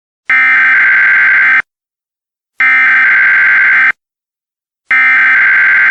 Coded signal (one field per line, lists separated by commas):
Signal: Emergency Alert System (SAME) tones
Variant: header bursts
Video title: EAS Scenario: Operations